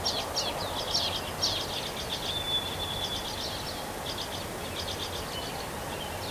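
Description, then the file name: Bird song with quick trilled chatter and a long thin whistle near the middle, the bursts fading and returning, over steady hiss. Recorded on 3 May 2023. "bird song 20230503"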